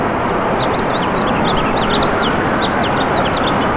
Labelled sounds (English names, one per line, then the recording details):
House Finch song
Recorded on Long Island, New York, on 13 June 2011
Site MH
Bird B